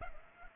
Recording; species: mosquito wingbeat signal from an infrared sensor; Aedes aegypti